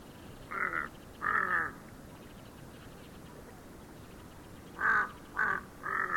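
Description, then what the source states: Crow giving a few harsh caws, two early and three late, separated by a long quiet gap over noticeable background hiss. Tibetan crow recorded in Nepal.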